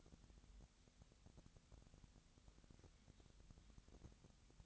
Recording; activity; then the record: daily activity, microphone in the room; wipe stove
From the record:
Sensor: 3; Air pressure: 1001.6 hPa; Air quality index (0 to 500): 223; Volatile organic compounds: 30 ppm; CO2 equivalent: 2962 ppm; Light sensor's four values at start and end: 11/34/14/12 and 11/34/14/12